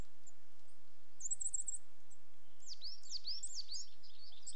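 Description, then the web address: Coal tits giving high looping display notes, a short rapid series followed after a pause by a longer run of bright, swooping repeated calls. Two pairs of coal tits displaying. "BBC Sound Effects Library BBC - Birds Coal Tits, Two Pairs Displaying"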